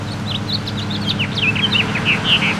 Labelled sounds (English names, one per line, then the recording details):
House Finch song
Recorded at Bridgehampton on Long Island, New York, on 22 June 2013
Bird G